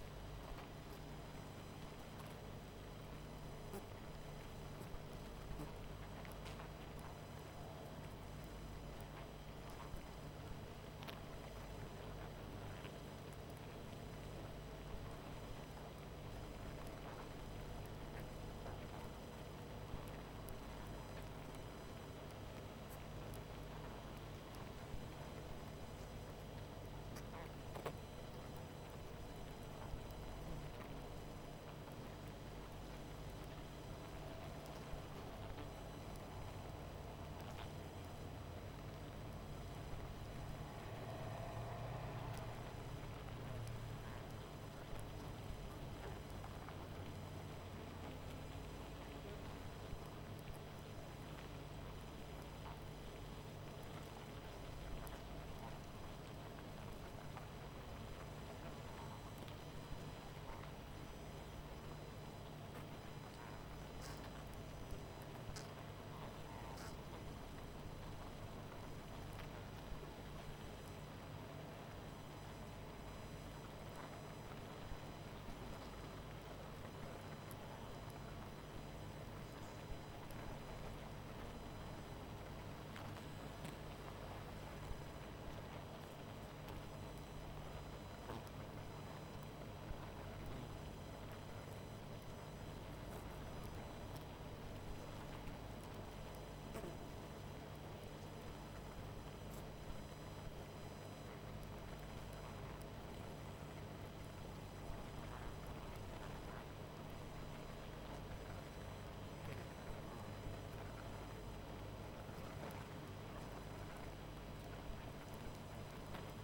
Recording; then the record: honeybee colony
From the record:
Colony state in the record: missing queen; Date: 14 July 2017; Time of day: 21:20